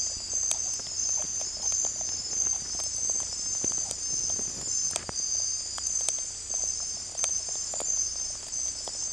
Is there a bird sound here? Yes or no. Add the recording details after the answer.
no. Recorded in secondary vegetation near Puerto Asís, Putumayo, Colombia, on 16 December 2024 at 02:00. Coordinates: 0.481, -76.318. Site G042